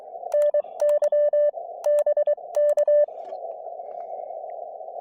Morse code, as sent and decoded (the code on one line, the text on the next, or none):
-. -.-- / -... -.-
NY BK